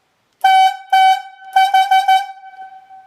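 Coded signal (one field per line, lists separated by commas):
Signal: whistle signal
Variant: logging yarder whistle code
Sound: buzzy horn sounds two long blasts, then four quick short blasts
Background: small room echo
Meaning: Slack the transfer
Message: 2 long, 4 short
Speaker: To slack the transfer is going to sound like this. 2 long and 4 short.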